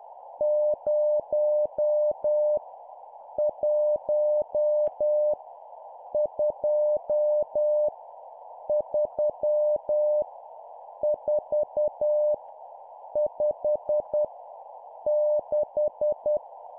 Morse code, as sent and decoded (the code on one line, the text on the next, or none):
----- / .---- / ..--- / ...-- / ....- / ..... / -....
0 1 2 3 4 5 6